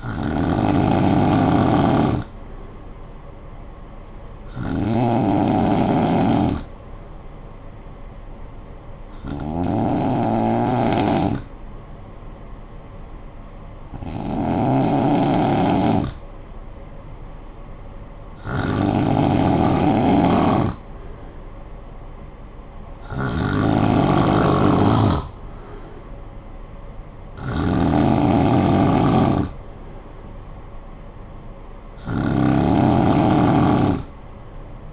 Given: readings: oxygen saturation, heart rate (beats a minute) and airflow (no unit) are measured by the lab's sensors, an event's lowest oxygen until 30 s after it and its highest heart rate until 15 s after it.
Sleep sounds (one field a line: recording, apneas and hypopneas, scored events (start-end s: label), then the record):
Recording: breathing in sleep by a smartphone at the bedside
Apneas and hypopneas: none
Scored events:
none scored
From the record:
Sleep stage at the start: N2 (light sleep)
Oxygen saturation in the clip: 91 to 94%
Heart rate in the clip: 53 to 64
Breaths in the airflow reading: 8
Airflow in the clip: -9.9 to 5.4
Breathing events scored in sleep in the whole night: 445 in 7.6 hours asleep